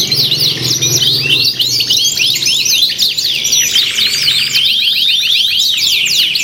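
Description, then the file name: Canary song from several birds at once, a busy tangle of fast high chirps, slurred whistles and trills running without a break. Simulated canary singing contest with filler (isian) tutor songs, from Om Kicau, uploaded October 2013. "audio-simulasi-lomba-kenari-isian 2-omkicau"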